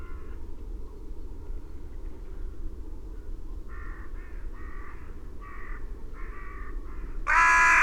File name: Corvus corone